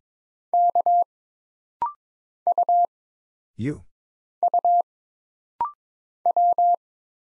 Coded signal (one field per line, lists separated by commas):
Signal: Morse code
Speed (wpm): 22 wpm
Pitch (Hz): 700 Hz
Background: none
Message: K U U W